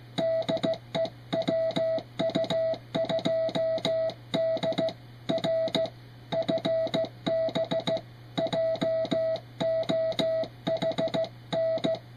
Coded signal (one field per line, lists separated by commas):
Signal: Morse code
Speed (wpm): 15 wpm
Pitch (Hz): 660 Hz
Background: music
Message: DE WU2D R FB JOHN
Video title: Retro QRP On The Air